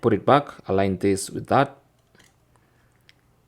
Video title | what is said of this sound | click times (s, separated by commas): How To Remove Bezel On Xiaomi Watch S3 | and then turn clockwise until it locks in place | 3.1 s